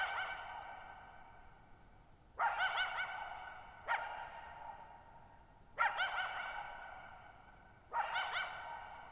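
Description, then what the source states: Coyote barking steadily, four hoarse barks spaced about two seconds apart, each with a slow echoing fade into quiet. Lone coyote at night, July 14, 2019, Thirtymile Meadows, Okanogan National Forest, 6400 ft (1950 m); shallow bowl-shaped meadows on a high, dry plateau forming a natural amphitheater.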